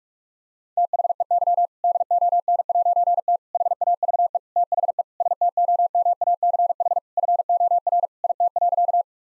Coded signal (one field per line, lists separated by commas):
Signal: Morse code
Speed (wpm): 46 wpm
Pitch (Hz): 700 Hz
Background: none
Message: THEY DON'T HAVE THE STOMACH FOR IT.